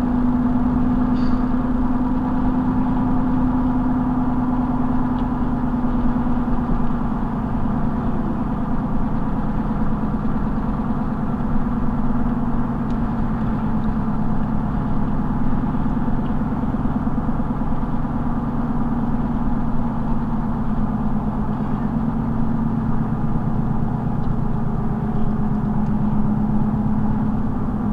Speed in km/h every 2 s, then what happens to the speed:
87, 85, 87, 82, 81, 79, 79, 79, 81, 81, 77, 74, 72, 71.
0-11 slows to 79. 11-18 steady at about 79. 18-28 slows to 71.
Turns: none.